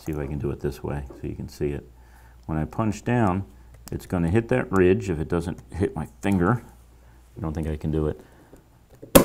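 A spring-loaded punch-down impact tool pushes a telephone wire into a keystone jack's terminal while someone talks. At 9.2 seconds the tool's internal mechanism releases with a loud snap, seating the wire as the tool snaps at its setting.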